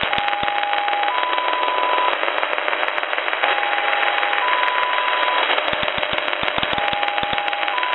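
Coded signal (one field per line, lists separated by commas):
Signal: numbers station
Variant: XPA-like polytone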